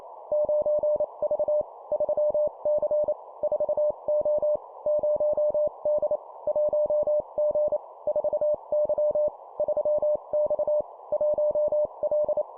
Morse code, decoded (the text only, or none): 9V 3C 4O 0D 1G 4Y 3X 1L